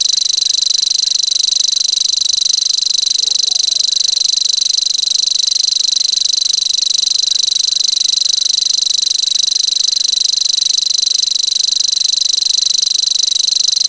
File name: grasshopper warbler omkicau